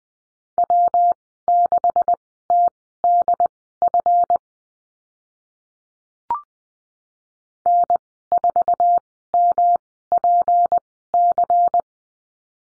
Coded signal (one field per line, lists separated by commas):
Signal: Morse code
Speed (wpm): 20 wpm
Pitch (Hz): 700 Hz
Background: none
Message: W6TDF N4MPC